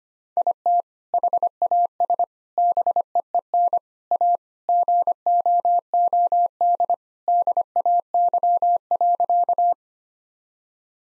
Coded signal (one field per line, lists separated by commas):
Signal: Morse code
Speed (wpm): 25 wpm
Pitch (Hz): 700 Hz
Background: none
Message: IT HAS BEEN A GOOD DAY.